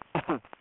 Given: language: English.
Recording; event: throat vibration sensor signal played as sound; cough